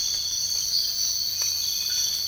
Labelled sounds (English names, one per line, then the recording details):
none
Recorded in dense forest near Puerto Asís, Putumayo, Colombia, on 19 March 2025 at 05:30
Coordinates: 0.485, -76.318
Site G056